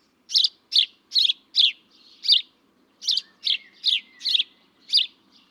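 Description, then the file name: House sparrow calls, sharp repeated chirps in an irregular run. "Passer domesticus"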